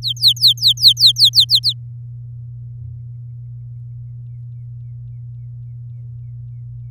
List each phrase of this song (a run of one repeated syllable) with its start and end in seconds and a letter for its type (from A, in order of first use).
0.02-1.73 A